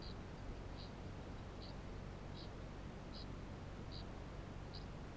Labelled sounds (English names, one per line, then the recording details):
Kākāpō ching call
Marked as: faintness 4/5
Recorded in New Zealand
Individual Barnard